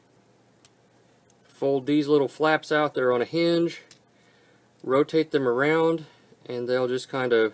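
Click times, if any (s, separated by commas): none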